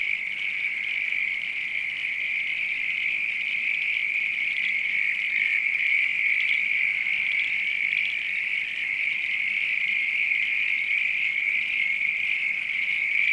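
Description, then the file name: Steady high-pitched frog chorus running without a break. Night countryside ambience with frogs. "AMBIENCE NIGHT COUNTRY FROGS RAIN FARM ANIMALS LOOP"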